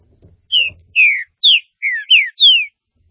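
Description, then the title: Green-winged saltator song of six loud, clear whistled notes, each slurred downward, delivered in quick succession with faint low rustling beneath. "Trinca Ferro"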